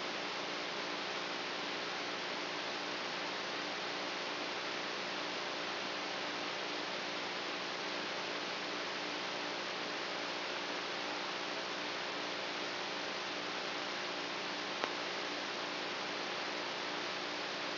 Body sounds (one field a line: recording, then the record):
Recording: brain microelectrode recording played as sound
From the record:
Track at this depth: inside the subthalamic nucleus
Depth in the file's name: 2.804 mm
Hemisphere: right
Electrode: 3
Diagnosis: Parkinson's disease